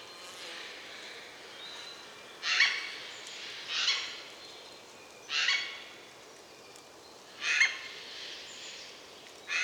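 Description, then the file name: Eurasian jay uttering several raspy screeches at uneven intervals. "Garrulus glandarius"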